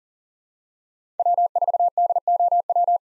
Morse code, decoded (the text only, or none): W4DOW